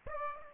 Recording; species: mosquito wingbeat signal from an infrared sensor; Aedes aegypti